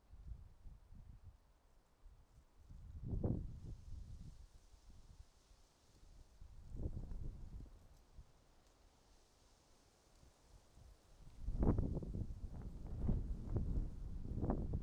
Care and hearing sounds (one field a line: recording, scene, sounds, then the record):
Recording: everyday scene through a hearing-aid microphone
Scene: wind on the microphone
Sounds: wind, traffic, birds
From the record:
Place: suburban garden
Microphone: in the ear canal, right